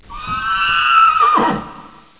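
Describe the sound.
Horse whinny: a high, steady neigh that holds for about a second, then breaks into a quavering, falling whinny that trails off.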